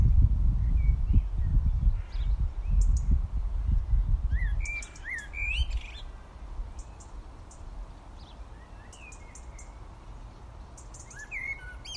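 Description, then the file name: Eurasian blackbird sounding clear whistled notes clustered midway, with a few scattered notes near the end, above a low rumble that fades after the first seconds. "Turdus merula"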